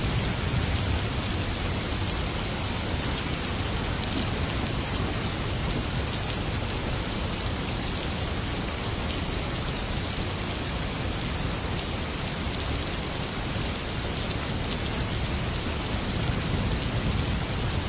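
Steady rain falls throughout, a dense, even hiss spread from low to bright tones with no letup or change in loudness. Countless drops patter together into a continuous wash, with a faint low rumble underneath.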